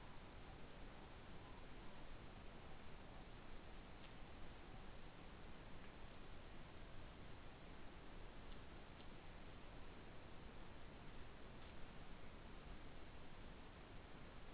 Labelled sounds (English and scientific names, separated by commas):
Morepork (Ninox novaeseelandiae) more-pork call